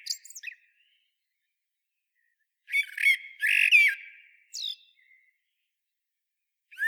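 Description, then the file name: Eurasian blackbird giving a few short notes, a quiet gap, then squeaky chattering bursts followed by a brief high note. "Turdus merula"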